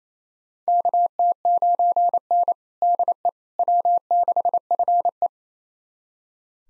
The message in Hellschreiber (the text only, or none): none